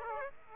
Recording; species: mosquito wingbeat signal from an infrared sensor; Aedes aegypti